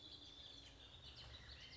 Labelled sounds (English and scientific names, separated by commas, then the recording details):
Bullock's Oriole (Icterus bullockii)
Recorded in Sonoma County, California